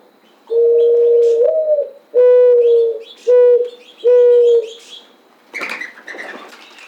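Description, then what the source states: Mourning dove cooing, a soft hollow low coo with a slight upward inflection followed by three shorter steady coos, then a brief rustling burst at the end. 28 July 2009.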